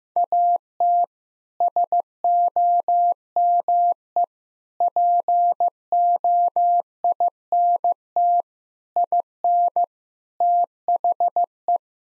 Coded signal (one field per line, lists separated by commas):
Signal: Morse code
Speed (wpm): 16 wpm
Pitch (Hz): 700 Hz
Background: none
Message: AT SOME POINT IN THE